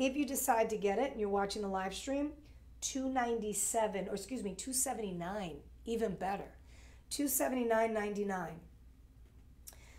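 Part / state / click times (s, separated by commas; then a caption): jewelry latch clasp closing into its catch / seated / 9.7 s. A woman talks through most of the clip over a low steady hum. At 9.7 s, a jewelry piece's latch clasp is closed into its catch with a sharp, short click as it snaps shut and seats in place, with latches on either side.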